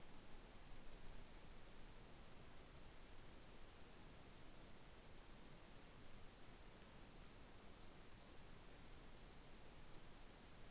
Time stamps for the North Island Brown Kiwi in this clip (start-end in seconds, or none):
none